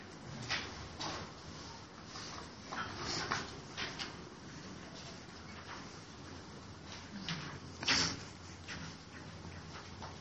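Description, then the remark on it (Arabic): A door is pushed shut, with a short solid thud near the end standing out over a steady hiss of background noise and a few scattered knocks and rustles. “أغلق الباب”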